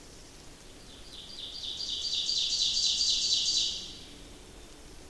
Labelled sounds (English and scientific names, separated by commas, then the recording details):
Ovenbird (Seiurus aurocapilla) song
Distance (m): 30 m
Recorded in boreal forest in Alberta, Canada, on 28 May 2016 at 07:28
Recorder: SongMeter 3, array SBT-3-49
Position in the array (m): 85 m, 154 m
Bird 15